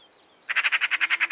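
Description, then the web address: Bird giving a rapid, buzzy chattering series of about ten evenly spaced notes, roughly ten per second, after a short quiet start. "Deverinetal 2025 File origin Bird Only"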